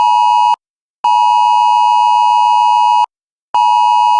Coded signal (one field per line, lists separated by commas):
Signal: Emergency Alert System (SAME) tones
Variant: 853 and 960 Hz attention tone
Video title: Virginia AMBER Alert in North Carolina? (EAS Child Abduction Emergency on Radio and Cell Broadcast)